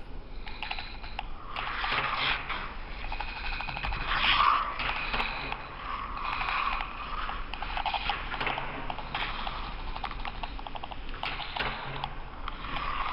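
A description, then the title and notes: A kinetic drawing apparatus runs on its own with a continuous scratchy, clicking mechanical texture. Dense rapid ticks and rattles swell and ease in uneven waves, with brighter scraping bursts around four seconds and again near eight and twelve seconds, over a low steady hum. The soundscapes are constructed from recordings of simple autonomous kinetic drawing apparatus that were set up and left to operate for extended periods of time without intervention. The sounds were manipulated by layering, time shifting, EQ and other simple effects.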